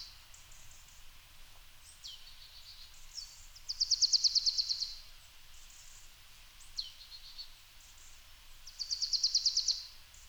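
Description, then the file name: Marsh tit calls: thin high sliding notes, then two fast buzzy rattling series about five seconds apart, over faint low background hum. "glanskop"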